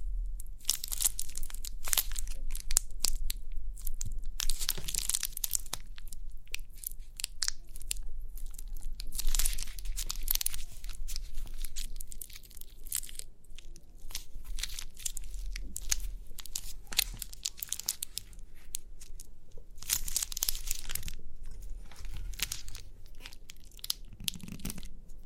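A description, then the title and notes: Crinkly sounds from pimple popping: dense, irregular crackling and crunching that runs through the whole clip, with sharp bright snaps and brief tearing bursts. Louder clusters come around 5, 9–10 and 20–21 seconds, over a steady low hum underneath. Crinkly Pimple Popping.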